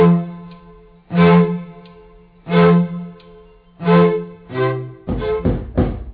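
Heavy knocking on a door: three slow, spaced thuds, then a quicker burst of several knocks at the end, all over a steady low hum.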